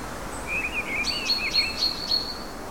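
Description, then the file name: Great tit calling: a wavering mid-pitched chirp, then a quick series of thin high notes over steady background hiss. "Parus major"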